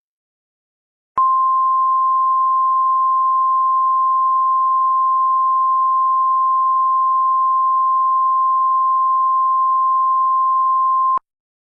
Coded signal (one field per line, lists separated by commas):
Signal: Emergency Alert System (SAME) tones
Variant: 1050 Hz attention tone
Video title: ⚠️Dish Network EAS Alarm (Requested)⚠️